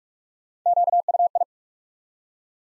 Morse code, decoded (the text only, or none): QUI